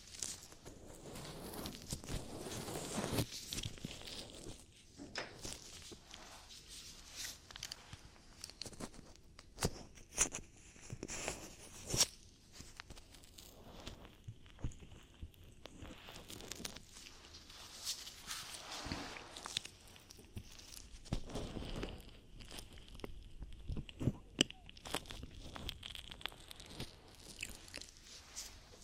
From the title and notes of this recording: ASMR Ear Cleaning For Deep Relaxation & Tingles [ NO TALKING ].